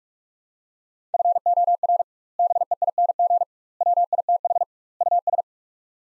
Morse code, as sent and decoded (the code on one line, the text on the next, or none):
..-. --- .-. / -... . .. -. --. / .-- .. - .... / ..- ...
FOR BEING WITH US